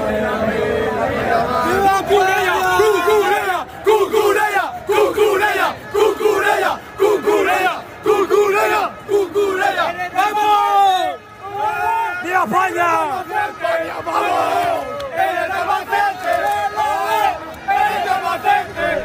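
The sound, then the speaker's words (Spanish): A large crowd chants and shouts together in rhythmic, sing-song bursts, many voices rising and falling in repeated phrases such as 'Viva España' with cheering throughout, loud and continuous, at night street celebrations in Spanish cities and towns after Spain's national football team won its fourth Euro title. “Es, desde luego, el grito más repetido en esas celebraciones que se han llevado a cabo esta noche en ciudades y pueblos de todo el país, celebrando el título que ha conseguido la selección española de fútbol.”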